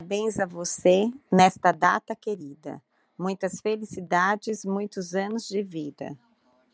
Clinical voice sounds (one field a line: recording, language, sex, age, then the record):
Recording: short text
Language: Brazilian Portuguese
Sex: female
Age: 50 to 59 years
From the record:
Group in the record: control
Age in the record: 52 years